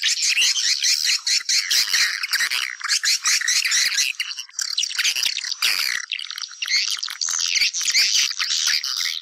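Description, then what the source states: Swiftlets chirping in a dense, continuous chorus of high twittering notes, with brief dips around four and six seconds. Lure sound used to attract swiftlets for nest farming.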